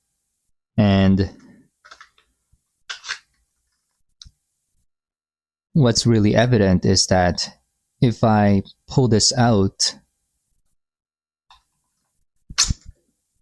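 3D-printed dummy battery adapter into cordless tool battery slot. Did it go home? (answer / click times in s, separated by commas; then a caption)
no / none. A 3D-printed plastic dummy battery adapter sits pushed into the battery slot of a Milwaukee M12 cordless tool while someone talks, with only a few faint, brief taps between the speech. The adapter's side clips fail to latch, and nothing has seated or clicked yet.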